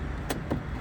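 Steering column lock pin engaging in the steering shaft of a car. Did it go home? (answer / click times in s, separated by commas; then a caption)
yes / 0.3 s. A car's steering wheel is moved with the key inserted, and the steering column lock pin engages in the steering shaft with a short metallic click at 0.3 s, followed by a second, softer sound at about 0.5 s. The steering is locked.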